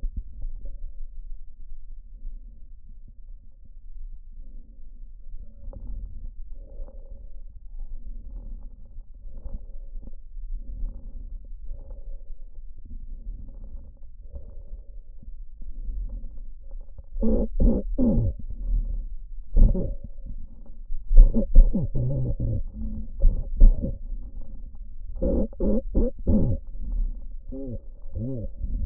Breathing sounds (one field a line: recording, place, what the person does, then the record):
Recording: lung sounds by stethoscope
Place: trachea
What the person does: quiet breathing, then cough and speech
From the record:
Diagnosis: COPD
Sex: male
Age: 70 years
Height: 170 cm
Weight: 74 kg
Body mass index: 25.6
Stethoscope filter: diaphragm mode